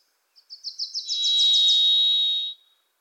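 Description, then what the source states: Varied thrush song: a sustained, even, burry whistle lasting over a second, beginning as a quick run of sharp chips from another bird fades beneath it. Varied Thrush visiting the recordist in a Pacific Northwest forest; voice likened to crying 'Listen. Listen. Listen.'; a Wilson's Warbler sings alongside; unmastered recording.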